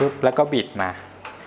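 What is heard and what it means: Someone talks while the hold-down clamp of a Festool KS 120 REB Kapex 575302 sliding compound miter saw, inserted into its hole in the saw table facing toward the back, is twisted to lock it in place. A faint tick is heard near the end, but the clamp has not seated or clicked yet.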